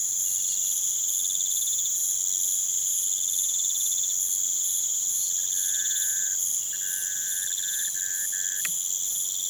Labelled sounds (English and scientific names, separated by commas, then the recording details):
none
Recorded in pastures near Puerto Asís, Putumayo, Colombia, on 30 June 2025 at 02:30
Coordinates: 0.486, -76.323
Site H29